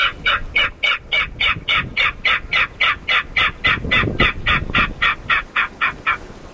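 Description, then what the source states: King rail calling a steady series of harsh, clattering kek notes, about three or four each second, evenly repeated for several seconds. Played back on a loop at night, from an hour and a half after sunset to an hour and a half before sunrise, as loud as 95 decibels, to attract migrating rails.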